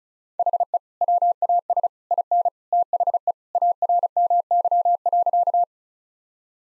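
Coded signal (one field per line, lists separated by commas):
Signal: Morse code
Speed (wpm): 34 wpm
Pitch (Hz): 700 Hz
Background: none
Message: HE WAS IN THE ARMY.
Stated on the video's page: Morse practice sentences of common three-word phrases at 35 wpm, each sent, spoken, then sent again for head-copy training.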